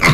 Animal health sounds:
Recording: pig call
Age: piglet (1 to 25 days)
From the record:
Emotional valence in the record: positive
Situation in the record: reunion after long isolation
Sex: male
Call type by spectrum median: low-frequency call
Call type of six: low-frequency tonal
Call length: 0.14 s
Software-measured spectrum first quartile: 327 Hz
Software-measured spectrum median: 1197 Hz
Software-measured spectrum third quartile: 2406 Hz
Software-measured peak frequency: 145 Hz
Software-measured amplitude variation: 71 dB a second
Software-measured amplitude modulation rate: 10.5 a second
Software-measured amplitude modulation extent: 6.7 dB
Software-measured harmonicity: 2.1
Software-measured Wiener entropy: -1.41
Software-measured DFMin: 1169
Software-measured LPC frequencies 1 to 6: 1138, 2108, 3737, 4441, 5094, 6448 Hz

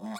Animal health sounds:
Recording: pig call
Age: piglet (1 to 25 days)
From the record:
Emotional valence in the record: negative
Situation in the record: long isolation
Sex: male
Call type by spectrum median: low-frequency call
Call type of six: mixed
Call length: 0.20 s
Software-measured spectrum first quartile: 221 Hz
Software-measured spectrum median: 585 Hz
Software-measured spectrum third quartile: 1537 Hz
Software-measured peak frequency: 210 Hz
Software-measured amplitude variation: 51 dB a second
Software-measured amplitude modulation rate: 12.3 a second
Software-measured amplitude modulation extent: 4.2 dB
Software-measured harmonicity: 5.9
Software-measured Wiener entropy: -1.43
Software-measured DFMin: 522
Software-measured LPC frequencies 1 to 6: 769, 2141, 3596, 4301, 5171, 6198 Hz

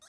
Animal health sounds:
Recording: pig call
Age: piglet (1 to 25 days)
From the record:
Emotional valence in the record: negative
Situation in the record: long isolation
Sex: male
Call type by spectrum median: high-frequency call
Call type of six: low-frequency tonal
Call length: 0.09 s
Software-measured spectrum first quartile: 2474 Hz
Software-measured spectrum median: 4988 Hz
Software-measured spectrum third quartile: 7505 Hz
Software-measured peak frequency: 3767 Hz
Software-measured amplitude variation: 39 dB a second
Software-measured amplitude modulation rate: 11.7 a second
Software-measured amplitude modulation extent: 3.4 dB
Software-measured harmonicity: 2.6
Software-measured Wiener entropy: -1.86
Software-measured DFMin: 736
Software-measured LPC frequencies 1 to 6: 831, 1448, 3713, 5495, 6289, 7912 Hz

